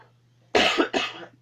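An adult coughs twice after turning away.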